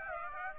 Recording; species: mosquito wingbeat signal from an infrared sensor; Aedes aegypti